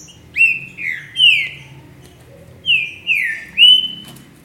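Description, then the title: Green-winged saltator singing two short phrases of three rich, swooping whistles each, separated by a brief gap, over a faint low hum. "Trinca Ferro"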